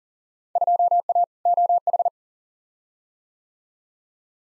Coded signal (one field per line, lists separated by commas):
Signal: Morse code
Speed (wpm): 40 wpm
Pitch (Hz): 700 Hz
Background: none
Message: 2A OH